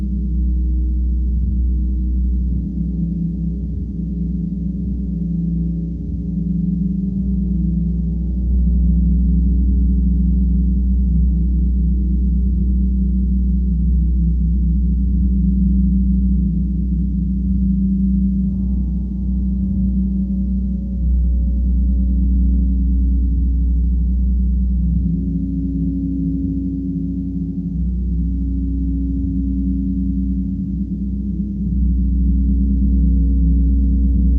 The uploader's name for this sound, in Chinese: 銅鑼浴